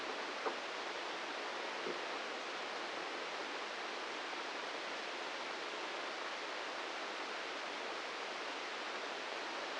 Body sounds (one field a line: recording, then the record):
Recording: brain microelectrode recording played as sound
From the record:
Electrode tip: inside the subthalamic nucleus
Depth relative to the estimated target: 0 mm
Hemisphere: right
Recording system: NeuroSet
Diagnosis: Parkinson's disease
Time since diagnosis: 15 years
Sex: male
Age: 65 years